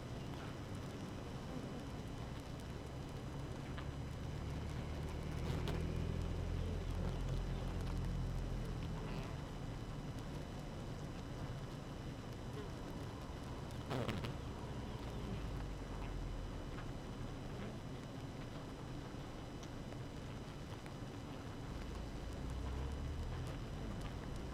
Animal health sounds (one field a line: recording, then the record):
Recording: honeybee colony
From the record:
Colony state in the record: active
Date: 12 June 2018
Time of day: 6:45